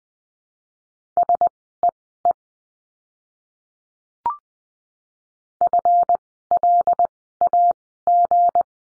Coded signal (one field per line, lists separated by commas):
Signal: Morse code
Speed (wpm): 20 wpm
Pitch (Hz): 700 Hz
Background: none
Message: SEE FLAG